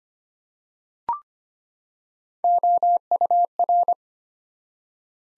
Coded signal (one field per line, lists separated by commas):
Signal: Morse code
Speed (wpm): 25 wpm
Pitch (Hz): 700 Hz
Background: none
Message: OUR